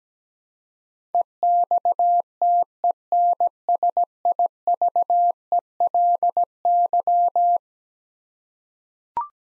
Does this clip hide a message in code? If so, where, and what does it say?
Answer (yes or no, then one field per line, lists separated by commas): yes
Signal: Morse code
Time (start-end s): 1.1-7.6 s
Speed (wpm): 17 wpm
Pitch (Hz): 700 Hz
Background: none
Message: EXTENSIVELY